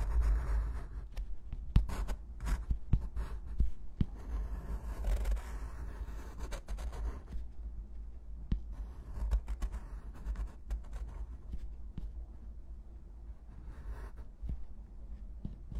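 Pencil and pen scratch steadily across paper with frequent brisk strokes and taps, busier in the first half, over a low constant hum.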